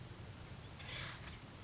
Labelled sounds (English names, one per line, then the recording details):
Acorn Woodpecker
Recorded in Sonoma County, California